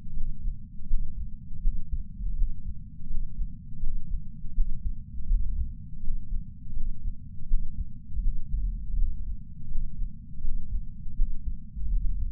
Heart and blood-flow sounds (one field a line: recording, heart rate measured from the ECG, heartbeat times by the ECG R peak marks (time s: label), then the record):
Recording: heart sounds by patch sensor on the chest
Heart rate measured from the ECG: 82 bpm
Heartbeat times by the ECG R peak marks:
0.14 s: heartbeat
0.87 s: heartbeat
1.60 s: heartbeat
2.34 s: heartbeat
3.07 s: heartbeat
3.81 s: heartbeat
4.53 s: heartbeat
5.27 s: heartbeat
6.01 s: heartbeat
6.74 s: heartbeat
7.47 s: heartbeat
8.20 s: heartbeat
8.95 s: heartbeat
9.68 s: heartbeat
10.42 s: heartbeat
11.15 s: heartbeat
11.89 s: heartbeat
From the record:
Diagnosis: coronary artery disease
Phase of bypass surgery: postoperative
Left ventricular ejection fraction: 39.2%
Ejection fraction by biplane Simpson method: 34.1%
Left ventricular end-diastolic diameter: 57 mm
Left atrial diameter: 41 mm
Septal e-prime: 4.9 cm/s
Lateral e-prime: 6.9 cm/s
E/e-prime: 12.9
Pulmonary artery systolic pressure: 24 mmHg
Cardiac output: 4.6 L/min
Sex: male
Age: 72 years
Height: 170 cm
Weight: 79 kg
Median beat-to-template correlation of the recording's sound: 0.87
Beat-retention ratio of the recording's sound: 0.99